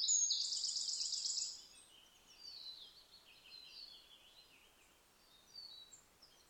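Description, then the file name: Eurasian wren delivering a loud, very high, rapid rattling trill that gives way to quicker twittering phrases, fading in and out over faint background hiss. "Troglodytes troglodytes"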